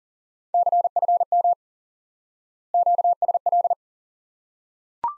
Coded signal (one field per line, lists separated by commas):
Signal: Morse code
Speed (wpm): 37 wpm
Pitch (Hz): 700 Hz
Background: none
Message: CFM QSL